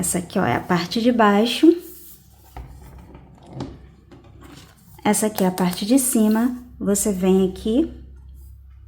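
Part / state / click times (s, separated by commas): top section of a protective cover onto a tablet / not seated / none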